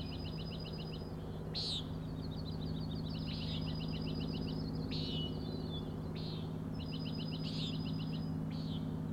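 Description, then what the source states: Common nighthawk rattles: rapid buzzy pulsed trills in repeated bursts, with a few sharp swooping notes between them, over a steady low hum. Three birds giving peenting calls and rattling noises at 4am on 16 June 2017, Schoodic Head overlook, Acadia National Park, Winter Harbor, Maine; flying closely following each other, passing near the recordist.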